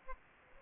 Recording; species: mosquito wingbeat signal from an infrared sensor; Aedes aegypti